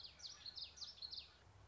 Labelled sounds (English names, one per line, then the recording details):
Common Yellowthroat
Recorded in Sonoma County, California